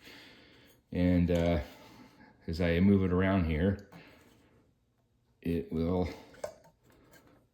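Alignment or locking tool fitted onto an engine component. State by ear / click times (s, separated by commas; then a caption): not seated / none. Someone talks while turning an alignment or locking tool fitted onto an engine component during a 2013 Ford Taurus SHO engine swap, lining up its small protrusion with a matching hole. A few faint, short handling sounds come near the end. The tool has not clicked or seated yet.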